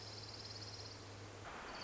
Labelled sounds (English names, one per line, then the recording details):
Orange-crowned Warbler
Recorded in Sonoma County, California